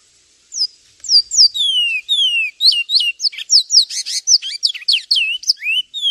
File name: suara burung twatwa omkicau